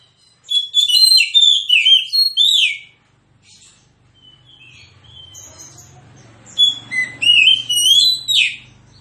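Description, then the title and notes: Oriental magpie-robin song in two rich bursts of varied whistles and trills, separated by a quieter pause with a low hum in the background. Magpie-robin song in fighting mode, persistent with full 'tembakan' bursts, used as therapy to make lazy, silent magpie-robins sing and fight within minutes. "Kacer Langsung Tarung Konslet KACER NGOTOT FULL TEMBAKAN. Kicau Kacer santaiterapi Kacer males bunyi. Kacer 1"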